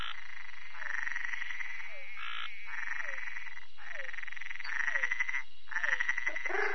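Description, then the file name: Treefrog calling with a run of buzzy, pulsed notes about a second long, most ending in a short downward-sliding note; a lower call comes at the end. "Bokermannohyla luctuosa"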